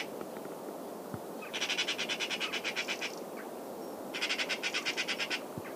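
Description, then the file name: Eurasian magpie with two bursts of grating, rapidly pulsed chatter, the first longer, separated by a brief pause; light background noise. "Pica pica"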